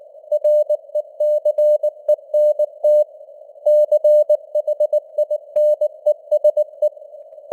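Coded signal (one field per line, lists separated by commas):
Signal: Morse code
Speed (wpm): 19 wpm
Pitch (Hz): 600 Hz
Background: none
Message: RECENT CHINESE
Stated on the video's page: Morse news headlines at 19 wpm with simulated radio noise and varying signal strength (QSB).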